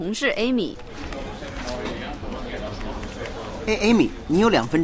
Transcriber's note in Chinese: Office ambience